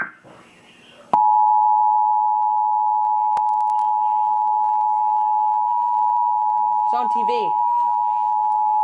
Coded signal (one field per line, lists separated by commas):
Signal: Emergency Alert System (SAME) tones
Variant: 853 and 960 Hz attention tone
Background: speech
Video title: Tornado Warning on NOAA WX Radio and TV (EAS#595)